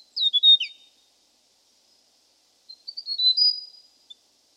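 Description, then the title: Hill prinia call: a burst of sharp, slurred chirps, then after a gap a thinner twitter. "prenjk gnung. Suara burung prenjak gunung"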